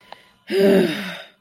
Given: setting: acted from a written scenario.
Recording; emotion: vocal sound without words; anger